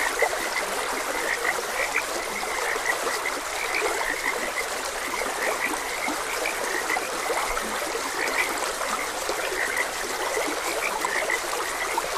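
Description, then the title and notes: Steady frog croaking, brief notes overlapping without pause, heard above the unbroken flowing sound of a stream. Several frogs croaking beside a gentle stream, as ambient nature sound. "Gentle Stream and Frogs Croaking. Sleep and Relaxation Podcast"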